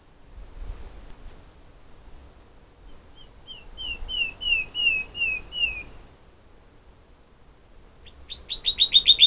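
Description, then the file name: Common nightingale song: a slow, swelling series of pure whistled notes that grow louder, a pause, then a fast burst of sharp repeated chirps. "Luscinia megarhynchos"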